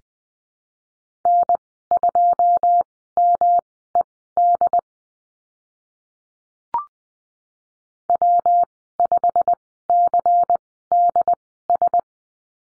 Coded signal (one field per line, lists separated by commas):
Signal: Morse code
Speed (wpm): 20 wpm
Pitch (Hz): 700 Hz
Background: none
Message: N2MED W5CDS